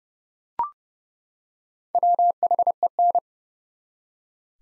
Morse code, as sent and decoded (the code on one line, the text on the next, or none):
.-- .... . -.
WHEN